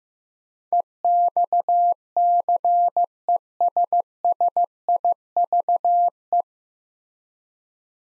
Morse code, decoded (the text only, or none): EXCESSIVE